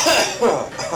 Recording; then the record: coughing mixed with background sound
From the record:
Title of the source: Spring Cold Coughing 2